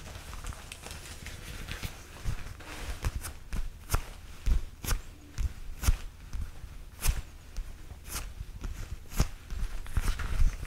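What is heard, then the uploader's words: Fabric scratching in short, bright rasping strokes, repeating roughly every half to one second with a loosely regular rhythm. Sharper accents stand out around 4, 5, 6, 7, 8 and 9 seconds. A faint low rumble and soft hiss run underneath throughout. ASMR Fabric Scratching (SHEIN Clothing Try-On Haul).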